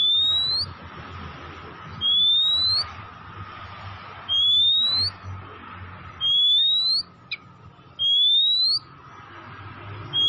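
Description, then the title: Oriental magpie-robin repeating a long rising whistle about every two seconds over steady background hiss and hum. From Tretes, singing vigorously (gacor). "Kacer Tretes Gacor"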